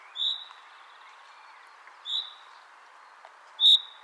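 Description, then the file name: Common chaffinch calls: three short, sharp notes with a clicky start and a brief trailing tail, spaced irregularly, over steady background hiss. "Fringilla coelebs"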